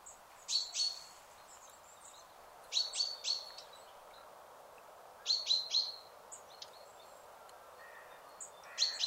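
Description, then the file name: Common chaffinch calls: bright clipped notes in short groups, repeated every few seconds over a steady background hiss. "Fringilla coelebs"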